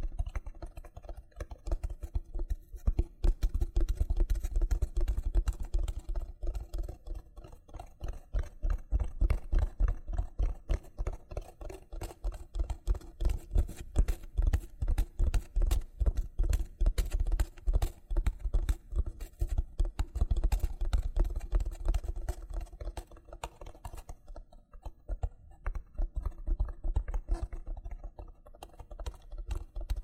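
Loofah triggers: rapid, dense scratching and popping taps come in bursts, mostly low and thick with a crisp upper edge. The activity swells and eases in waves, with quieter pauses around 3, 7, 19 and 24 seconds before resuming.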